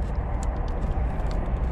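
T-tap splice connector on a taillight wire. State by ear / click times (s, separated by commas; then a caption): not seated / none. A plastic T-tap splice connector is fitted over a taillight wire and held ready before being squeezed shut, during an LED reflector install on a 2020–2022 Toyota Corolla. A steady low rumble fills the clip, with only faint, soft high-pitched ticks of handling and no sharp hits. Nothing has clicked or locked yet.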